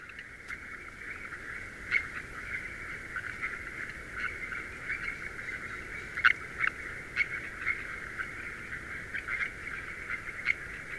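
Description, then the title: Frogs calling in a dense, continuous mid-pitched chorus, with sharp clicks and brief higher notes scattered over it. Wild frogs in the Garo Hills, Meghalaya, India, in the Himalayas, during the If We Vanish expedition in March 2022; 3D spatial audio. "Garo Hills Frogs, Himalayas - If We Vanish - Part 2"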